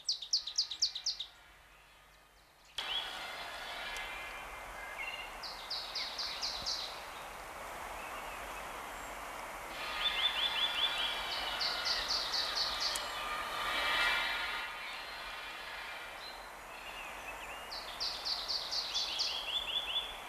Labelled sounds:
Marsh Tit (Poecile palustris) song

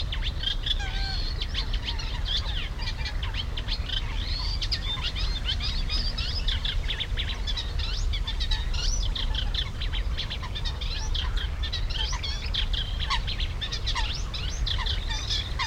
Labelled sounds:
Eurasian Reed Warbler (Acrocephalus scirpaceus)

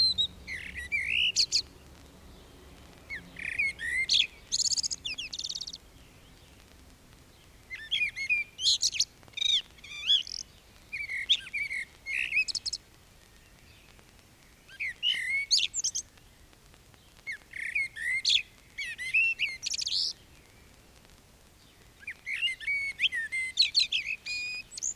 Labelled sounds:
Common Blackbird (Turdus merula) song

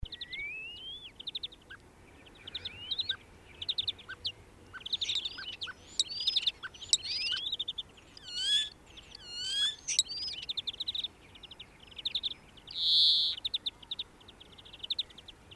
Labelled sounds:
European Starling (Sturnus vulgaris) song

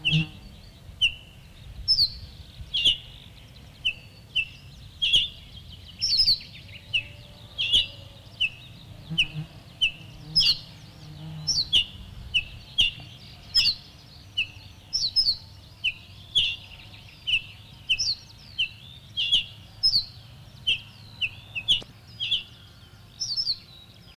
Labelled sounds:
Ortolan Bunting (Emberiza hortulana) alarm call

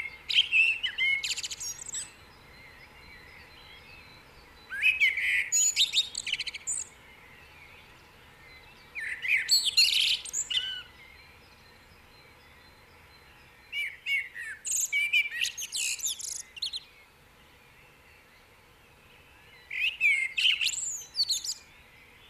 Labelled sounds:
Common Blackbird (Turdus merula) song

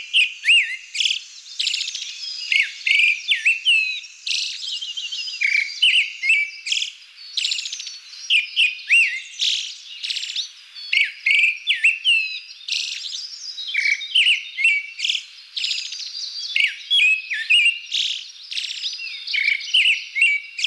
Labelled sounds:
Pale Thrush (Turdus pallidus) song

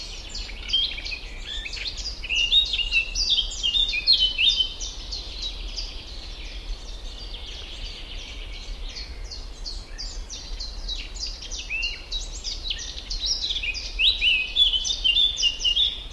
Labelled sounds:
Eurasian Blackcap (Sylvia atricapilla) song

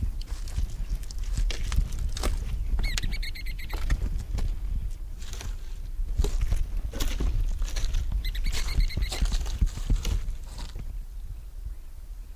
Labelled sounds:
Ruddy Turnstone (Arenaria interpres) call

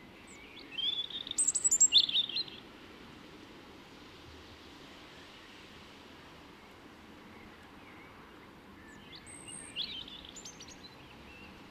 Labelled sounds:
European Robin (Erithacus rubecula) song

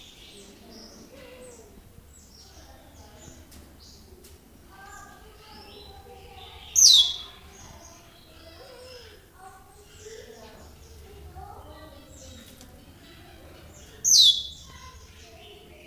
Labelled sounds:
Asian Glossy Starling (Aplonis panayensis) call

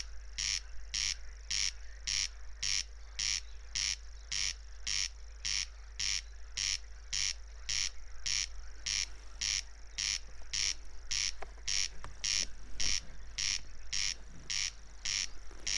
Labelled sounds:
Corn Crake (Crex crex) song

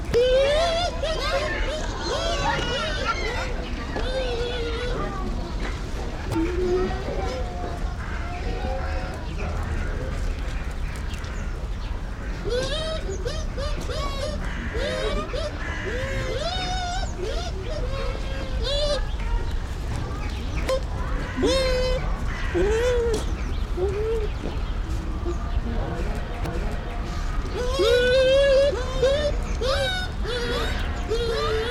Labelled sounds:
Bush Dog (Speothos venaticus)

